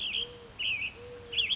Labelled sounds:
American Robin (Turdus migratorius)
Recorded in Sonoma County, California

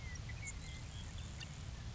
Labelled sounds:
Grasshopper Sparrow (Ammodramus savannarum)
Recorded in Sonoma County, California

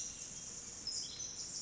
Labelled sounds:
Pacific Wren (Troglodytes pacificus)
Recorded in Sonoma County, California

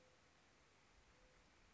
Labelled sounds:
Mourning Dove (Zenaida macroura)
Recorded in Sonoma County, California

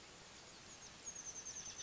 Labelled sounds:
Oak Titmouse (Baeolophus inornatus)
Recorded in Sonoma County, California

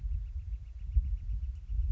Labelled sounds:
Northern Flicker (Colaptes auratus)
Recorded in Sonoma County, California

